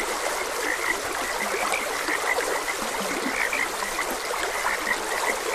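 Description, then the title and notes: Croaking frogs in a busy chorus, bright short notes overlapping without pause and some deeper croaks, with trickling water heard throughout. Frogs croaking beside a gentle stream. "Gentle Stream and Frogs Croaking. Sleep and Relaxation Podcast"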